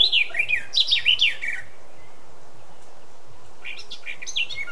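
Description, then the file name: Eurasian blackcap song, a fast warbled phrase of bright, slurred whistles, then a quiet gap and a shorter, softer warbled phrase. "Sylvia atricapilla"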